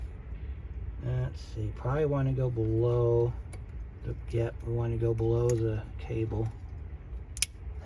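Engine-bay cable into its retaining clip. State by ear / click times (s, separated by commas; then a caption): seated / 7.4 s. During a thermostat job on a 2006 Chevy Silverado 1500WT 4.3, an engine-bay cable is rerouted below another cable and pressed back into its retaining clip or bracket while someone talks. Two sharp clicks sound in quick succession at 7.4 s and 7.4 s as the cable snaps into its clip and is seated.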